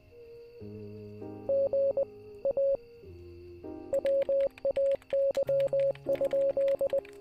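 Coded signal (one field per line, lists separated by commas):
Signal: Morse code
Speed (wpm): 20 wpm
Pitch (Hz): 550 Hz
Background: music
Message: G AWAY?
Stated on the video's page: Morse code used as film dialogue, with characters voiced at 800 Hz, 700 Hz and 600 Hz tones.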